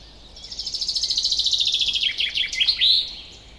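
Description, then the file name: Common chaffinch song: one full phrase of rapid repeated notes, falling gradually in pitch, then breaking into slower chirps and a closing flourish. "Fringilla coelebs"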